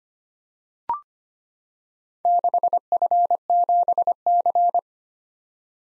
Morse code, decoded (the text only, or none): 6F7C